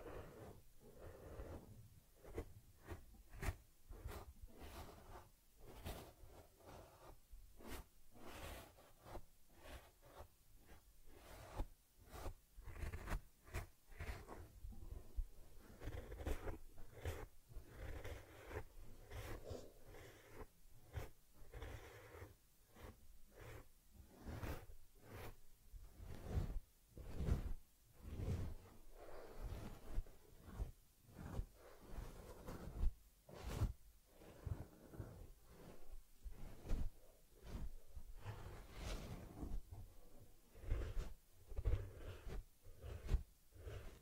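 A teddy bear gets a head massage, cleaning and fur combing, heard as quick, dense bursts of scratchy brushing and rubbing. Sharp strokes repeat irregularly every second or so throughout, over a low steady rumble, with small breathy sounds between strokes.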